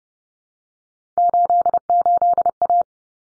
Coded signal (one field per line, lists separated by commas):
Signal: Morse code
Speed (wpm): 30 wpm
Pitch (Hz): 700 Hz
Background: none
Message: 88A